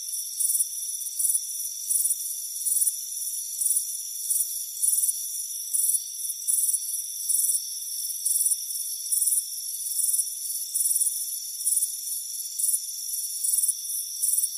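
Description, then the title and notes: Short, sharp cricket chirps repeat in fairly even pulses over an unbroken high-pitched insect chorus. Crickets chirping on a warm afternoon at a front porch. "Soothing Crickets Chirping Sound. It's a warm afternoon as you relax in a hammock on the front porch. Relax and fall asleep to the soothing sound of chirping crickets. Deep Sleep Sounds"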